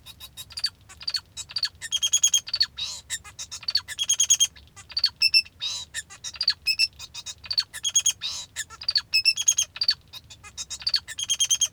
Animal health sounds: song of a male Bengalese finch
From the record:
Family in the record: father 2

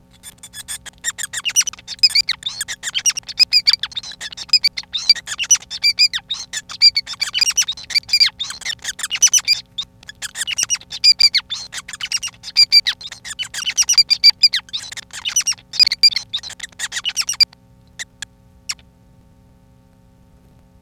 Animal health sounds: song of a male Bengalese finch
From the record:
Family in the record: son of father 5

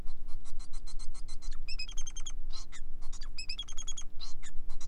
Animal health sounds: song of a male Bengalese finch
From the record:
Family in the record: son of father 4

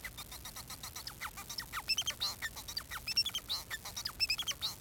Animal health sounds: song of a male Bengalese finch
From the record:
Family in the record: son of father 4

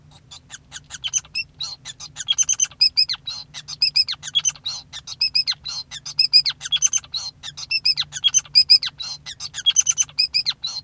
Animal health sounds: song of a male Bengalese finch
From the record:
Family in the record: son of father 5

